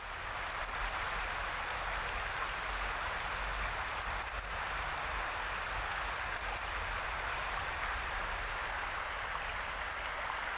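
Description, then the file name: European robin giving clustered bursts of high, crisp ticks, two to four notes each, repeated at intervals over constant broad background noise. "Erithacus rubecula"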